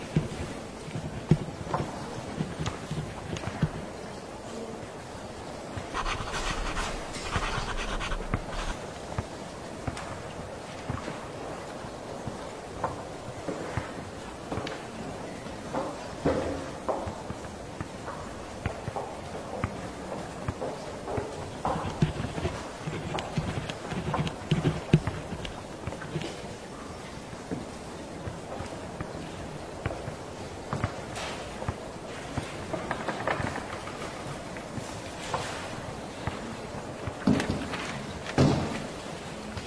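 A classroom after school, with a steady low murmur of room noise under frequent sharp knocks, taps and shuffling footsteps scattered throughout. Around six to eight seconds a brighter, rougher scraping stands out before the irregular clatter continues at a similar level.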